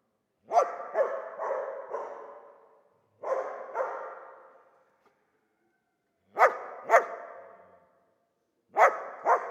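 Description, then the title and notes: Dog barks in short clusters of two to four, separated by short pauses, every bark followed by a fading tail. Old dog trapped in the pool basin of the decaying Palais El Glaoui courtyard, Fès, Morocco; full sun, circling, rising on hind legs to bark at visitors; recorded with Zoom F3 and ORTF microphone. "Fès, Fès-Meknès, Maroc - le chien du palais El Glaoui. Dans la cour du palais (en décrépitude avancée), un vieux chien est "prisonnier" dans le bassin/piscine. Il se dresse sur ses pattes arrières pour entrevoir quelques secondes ce qui se passe dans la cour et "invective" les visiteurs de ses aboiements. JF CAVRO"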